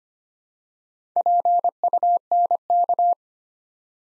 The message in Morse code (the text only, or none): PUNK